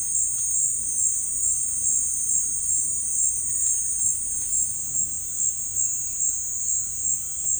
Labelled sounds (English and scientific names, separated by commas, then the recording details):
none
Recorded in dense forest near Puerto Asís, Putumayo, Colombia, on 19 February 2024 at 17:30
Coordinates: 0.484, -76.317
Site G6464